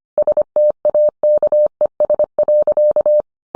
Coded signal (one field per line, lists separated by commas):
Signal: Morse code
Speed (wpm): 25 wpm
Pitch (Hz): 600 Hz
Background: none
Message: STAKES.